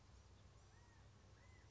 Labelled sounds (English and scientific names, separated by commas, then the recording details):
California Quail (Callipepla californica)
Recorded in Sonoma County, California